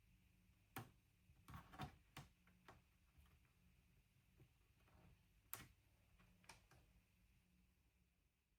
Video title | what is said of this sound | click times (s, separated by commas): ASUS ROG Strix G16 // Beast Mode Upgrade! // Samsung 990 PRO 2TB SSD + Corsair DDR5 64GB RAM | And you can take your time. Just wait until you hear the clicks releasing. | 0.8 s, 2.2 s, 5.5 s